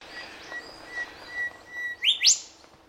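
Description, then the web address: Bird calling with steady, high whistled notes repeated about every half second, then two quick rising, sweeping whistles near the end. Unidentified Australian bird, call. "Sound Effects-Foundation 1 BIRD AUSTRALIAN UNKNOWN CALL"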